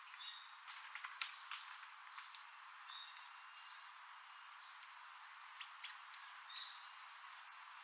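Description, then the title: Bird calls, many thin, very high chirps and clicks, scattered at first and then bunched into quick bursts, with background hiss. "LuckyPassaro Completos2Sama"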